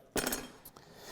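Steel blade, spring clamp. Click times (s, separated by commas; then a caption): 0.3 s. A metal blade is released from the spring-loaded blade clamp of a Flex 24V FX2241 compact one-handed reciprocating saw and pops out with a metallic clink at 0.3 s. Two fainter light ticks follow near 0.7 and 0.8 seconds.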